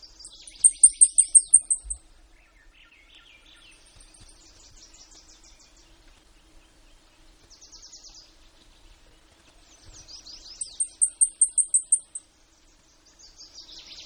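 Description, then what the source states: Blackpoll warbler song: a very high, thin series of several evenly spaced ticking notes, given twice, with other songbirds singing lower between. Recorded in Denali, Alaska, USA, on 19 May 2015 at 09:45 in the morning.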